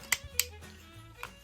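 The backpack latch on a plastic transforming robot figure is unlatched, giving two sharp clicks at 0.1 and 0.4 seconds and a fainter tick near 1.2 seconds over low background music. The latch is released and the backpack section comes open.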